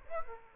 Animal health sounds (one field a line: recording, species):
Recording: mosquito wingbeat signal from an infrared sensor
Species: Aedes aegypti